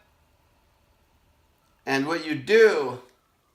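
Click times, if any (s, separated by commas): none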